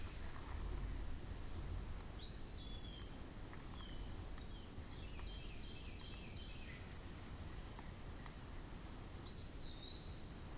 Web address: Eastern Wood-Pewee